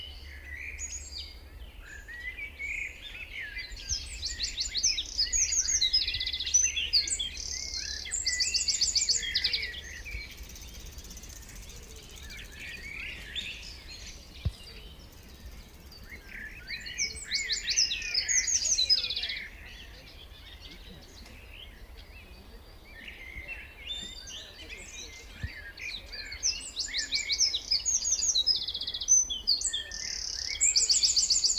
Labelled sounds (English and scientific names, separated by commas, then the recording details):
Eurasian Wren (Troglodytes troglodytes) song
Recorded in the wild
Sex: male
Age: adult
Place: Lübars (Fließtal), Berlin, DE
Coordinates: 52.6167, 13.35
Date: 1998-05-23 19:22
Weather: cloudy, 15°C
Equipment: Sony MD-WM MZ-R3, Sennheiser MKH 416 T, Kopie Uher 4000 Report Monitor
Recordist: Tembrock, Günter